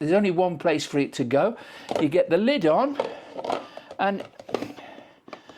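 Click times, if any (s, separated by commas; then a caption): 5.3 s. Someone talks while a pint lid is turned on the outer bowl of a Ninja Creami frozen dessert maker until it locks. A short, sharp click is heard at 5.3 s as the lid locks into the outer bowl and seats in place.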